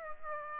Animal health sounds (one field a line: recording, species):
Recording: mosquito wingbeat signal from an infrared sensor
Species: Aedes aegypti